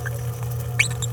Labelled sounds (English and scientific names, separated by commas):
Green-rumped Parrotlet (Forpus passerinus) babbling